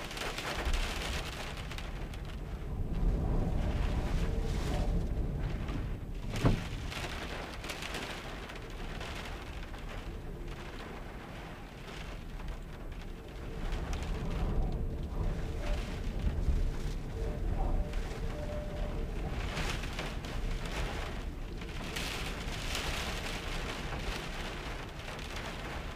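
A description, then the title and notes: A winter storm rages with steady wind and rain, a dense rushing roar heavy in the low end that swells and eases in slow surges. A sharp knock sounds near six seconds, and gusts rise again around fifteen and twenty-two seconds. Winter Storm Elin. Storm Elin came through the UK over the weekend. Let's say it was windy, and wet. So, for once I recorded the sounds from my van.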